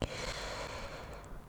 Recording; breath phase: one breath near a microphone; inhalation